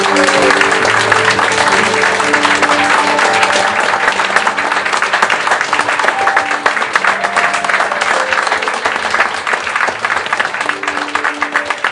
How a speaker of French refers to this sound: Est-ce que, s'il vous plaît, par vos applaudissements, vous pourriez leur transmettre toute la passion qu'ils ont essayé de vous transmettre ce soir et leur dire merci?